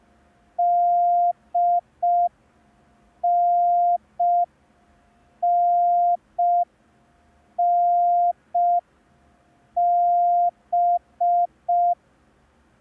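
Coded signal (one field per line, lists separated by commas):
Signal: Morse code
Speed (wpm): 5 wpm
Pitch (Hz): 700 Hz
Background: none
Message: DNNNB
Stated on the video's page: Morse code lesson, day 2 of a 10-day course.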